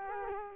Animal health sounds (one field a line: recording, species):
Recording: mosquito wingbeat signal from an infrared sensor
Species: Culex quinquefasciatus